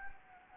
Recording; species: mosquito wingbeat signal from an infrared sensor; Anopheles gambiae